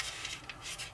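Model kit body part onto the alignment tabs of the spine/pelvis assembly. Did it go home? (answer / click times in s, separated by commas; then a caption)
no / none. A zinc alloy/ABS body part of a half-scale T-800 endoskeleton model kit is handled and lined up on the two alignment tabs of the spine/pelvis assembly. Soft rubbing and scraping fill the clip, with one brief sharp tick at 0.5 s. Nothing has seated or snapped into place yet.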